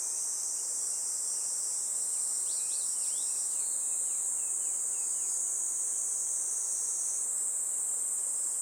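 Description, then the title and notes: Kaempfer cicada song, a continuous high buzzing wash, with a bird's rapid descending chirps in a run between two and five seconds. Chorus of many cicadas that have begun singing in a forest by the Tama River in summer, a pleasant noise heralding summer; birds also calling. "多摩川の森、ニイニイゼミたちの合唱"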